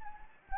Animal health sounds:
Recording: mosquito wingbeat signal from an infrared sensor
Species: Anopheles gambiae

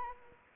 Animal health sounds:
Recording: mosquito wingbeat signal from an infrared sensor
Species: Anopheles arabiensis

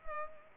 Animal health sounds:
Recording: mosquito wingbeat signal from an infrared sensor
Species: Culex pipiens

